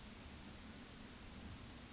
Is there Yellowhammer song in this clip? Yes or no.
no